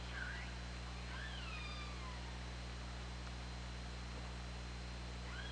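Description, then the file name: Orca calls, a few faint descending sweeps early on and a short rising tone at the end, set against steady low hum. Recorded on the OrcaLab hydrophone on 24 August 2017 at 20:47. "Orca Lab UTLN JASON 20170824 204759"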